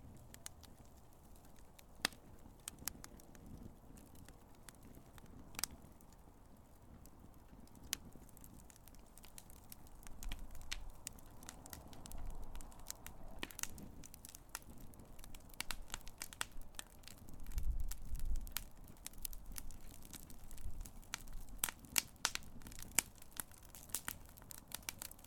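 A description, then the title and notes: A wood fire crackles and pops with sharp, irregular snaps, thickening after ten seconds, over a low, steady roar of burning. Burning Fireplace & Crackling Camp Fire. The calming sound of Fire, wood crackling while burning.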